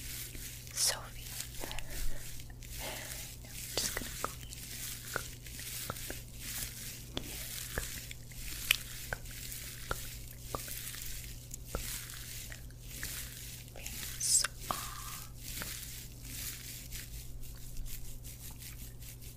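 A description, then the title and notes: Scalp massage: dense, uneven rubbing and scratching strokes, with soft squishy crackles over a steady low hum throughout, brief sharper bursts near 1 and 14 seconds. ASMR Scalp Massage of Dreams.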